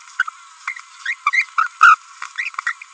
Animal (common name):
Green-rumped Parrotlet